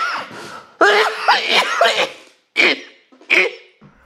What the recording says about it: That sounds like a pretty bad cough. Oh, I had a cramp by coughing.